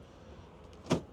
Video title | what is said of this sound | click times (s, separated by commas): 2025 VW ID.Buzz 4Motion 1st Edition: Full Walkthrough & Electric Van Review! | Seats lock into place. | 0.9 s